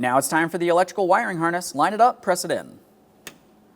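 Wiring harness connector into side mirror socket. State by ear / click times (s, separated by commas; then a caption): seated / 3.3 s. Someone talks while the electrical wiring harness connector of a side mirror on a 2014-2019 Toyota Corolla is lined up and pressed into its plastic socket. A single sharp click sounds at 3.3 s as the connector seats, and a light tug then confirms it is secured.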